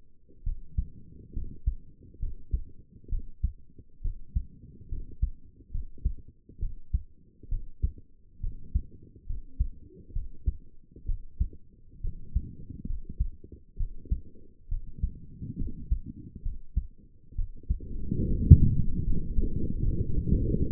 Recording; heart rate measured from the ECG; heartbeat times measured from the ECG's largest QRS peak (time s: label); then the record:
heart sounds by stethoscope; 68 bpm
0.43 s: heartbeat
1.33 s: heartbeat
2.19 s: heartbeat
3.09 s: heartbeat
4.01 s: heartbeat
4.88 s: heartbeat
5.71 s: heartbeat
6.59 s: heartbeat
7.48 s: heartbeat
8.40 s: heartbeat
9.26 s: heartbeat
10.12 s: heartbeat
11.05 s: heartbeat
12.01 s: heartbeat
12.86 s: heartbeat
13.77 s: heartbeat
14.68 s: heartbeat
15.57 s: heartbeat
16.42 s: heartbeat
17.35 s: heartbeat
18.27 s: heartbeat
19.04 s: heartbeat
19.83 s: heartbeat
20.61 s: heartbeat
From the record:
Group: healthy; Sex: female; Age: 22 years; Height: 154 cm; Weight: 58.7 kg